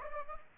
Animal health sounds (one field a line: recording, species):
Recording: mosquito wingbeat signal from an infrared sensor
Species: Aedes aegypti